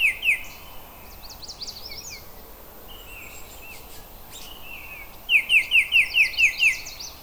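Oriole calls: a couple of sharp downslurred notes at the start and a rapid series of them near the end, with softer twittering in between.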